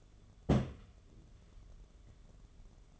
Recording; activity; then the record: daily activity, microphone in the room; place on stove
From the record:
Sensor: 4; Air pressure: 1011.1 hPa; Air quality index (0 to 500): 141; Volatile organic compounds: 3 ppm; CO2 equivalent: 1444 ppm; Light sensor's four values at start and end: 216/562/237/248 and 218/568/240/251